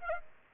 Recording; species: mosquito wingbeat signal from an infrared sensor; Aedes aegypti